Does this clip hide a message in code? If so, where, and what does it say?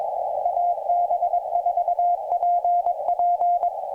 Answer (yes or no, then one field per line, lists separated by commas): yes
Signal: Morse code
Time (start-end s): 0.5-3.7 s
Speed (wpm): 21 wpm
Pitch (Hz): 700 Hz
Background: radio noise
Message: AB4PP